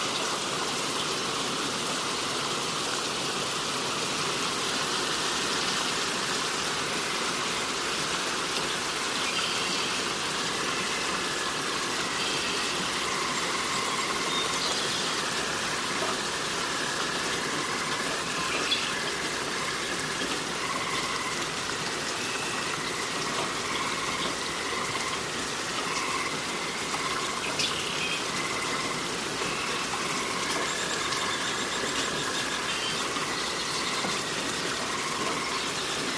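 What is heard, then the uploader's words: Steady, dense rain hisses evenly across the forest, a bright constant wash with no pauses, and faint higher bird-like tones drifting behind. Relaxing Rain Sounds & Forest Ambience.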